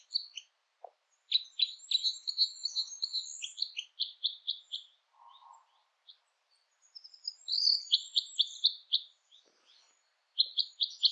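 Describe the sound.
Red crossbill calls: bursts of sharp, clipped chip notes in fast runs, with pauses between series.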